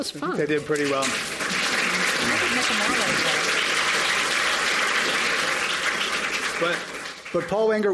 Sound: applause

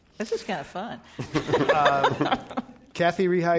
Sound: laughter

